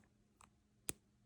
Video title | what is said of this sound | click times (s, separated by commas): NEW CHANNEL of fountain pen content. Sharing my collection of Opus 88 pens | so um anyway the cap just kind of pops on the back here and you can hear it did you hear it click | 0.9 s